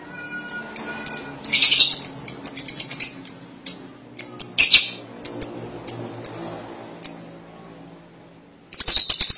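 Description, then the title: Lovebird calls: a long irregular series of short shrill squeaks and chirps with brief raspy bursts, a pause, then a final harsh chattering outburst. "BM Suara Burung Lovebird"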